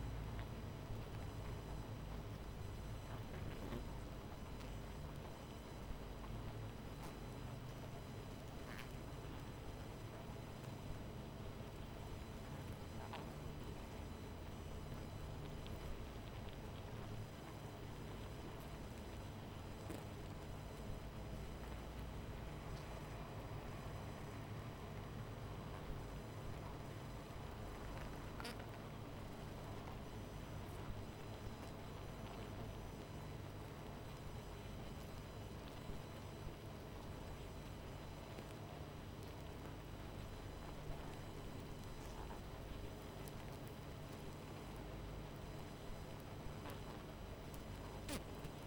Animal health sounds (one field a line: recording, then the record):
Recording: honeybee colony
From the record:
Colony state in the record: missing queen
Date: 14 July 2017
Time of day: 22:14